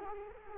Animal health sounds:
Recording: mosquito wingbeat signal from an infrared sensor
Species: Culex quinquefasciatus

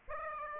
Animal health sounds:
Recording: mosquito wingbeat signal from an infrared sensor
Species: Aedes aegypti

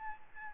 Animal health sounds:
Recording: mosquito wingbeat signal from an infrared sensor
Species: Aedes albopictus

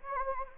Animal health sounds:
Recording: mosquito wingbeat signal from an infrared sensor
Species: Anopheles gambiae

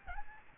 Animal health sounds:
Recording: mosquito wingbeat signal from an infrared sensor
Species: Aedes albopictus

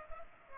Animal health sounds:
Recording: mosquito wingbeat signal from an infrared sensor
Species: Culex pipiens

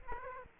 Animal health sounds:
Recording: mosquito wingbeat signal from an infrared sensor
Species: Aedes aegypti

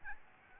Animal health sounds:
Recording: mosquito wingbeat signal from an infrared sensor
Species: Aedes albopictus

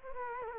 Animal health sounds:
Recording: mosquito wingbeat signal from an infrared sensor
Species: Culex quinquefasciatus

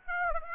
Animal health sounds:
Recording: mosquito wingbeat signal from an infrared sensor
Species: Aedes aegypti

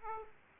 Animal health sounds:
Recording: mosquito wingbeat signal from an infrared sensor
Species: Aedes aegypti

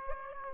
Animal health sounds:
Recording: mosquito wingbeat signal from an infrared sensor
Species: Aedes aegypti

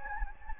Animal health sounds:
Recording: mosquito wingbeat signal from an infrared sensor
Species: Anopheles gambiae

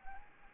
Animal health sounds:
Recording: mosquito wingbeat signal from an infrared sensor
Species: Anopheles arabiensis

